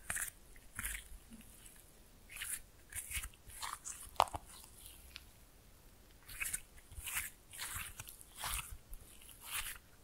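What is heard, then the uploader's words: Slime being played with: wet, crackly squishes and pops come in short bursts roughly every half second to a second, bright and crisp in tone. A sharp click stands out near four seconds, and the handling pauses briefly around five to six seconds before resuming. ASMR Fun with Slime No Talking.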